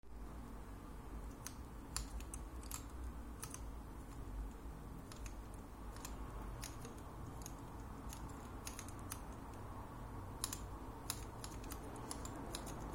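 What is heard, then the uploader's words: Writing on a wakizashi, heard as a run of sharp, bright clicks and taps that come irregularly, sometimes in quick pairs or small clusters, a few each second. Underneath, a steady low rumble and soft hiss continue unchanged throughout. Пишу на вакидзаси • Writing on wakizashi. Wakizashi is a chorded keyboard I've made myself.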